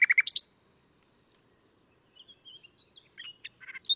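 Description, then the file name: Common nightingale song: a quick burst of loud sharp notes, a silent pause, then soft, varied whistles and chirps. "Luscinia megarhynchos"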